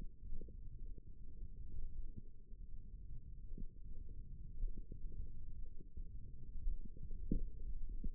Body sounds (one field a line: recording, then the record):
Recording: forearm muscle sounds (acoustic myography)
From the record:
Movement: tripod grip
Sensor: system 1, eight BSWA MPA416 microphones around the upper forearm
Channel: 2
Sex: female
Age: 22 years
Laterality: right